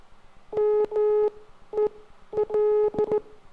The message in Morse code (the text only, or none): MEL